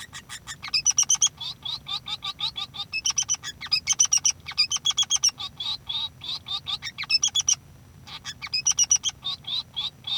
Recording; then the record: song of a male Bengalese finch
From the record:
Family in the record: son of father 3